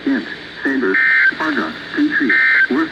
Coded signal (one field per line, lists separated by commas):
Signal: Emergency Alert System (SAME) tones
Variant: end-of-message bursts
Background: speech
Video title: EAS/NWR Alert or message #1081-1082: Severe Thunderstorm Warning #49